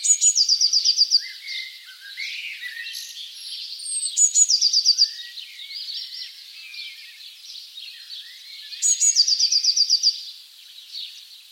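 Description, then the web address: Bird calling in high, rapid trills about a second long, three bouts roughly four seconds apart, with softer twittering and chirps in between. "cianscape. Deverinetal 2025. Bird Only"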